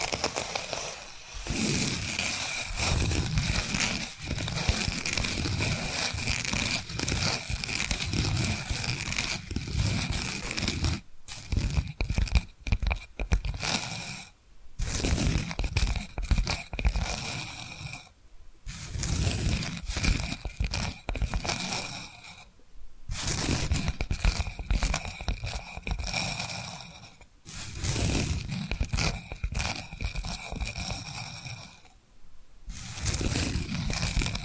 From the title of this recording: Hypnotic Tapping & Scratching Sounds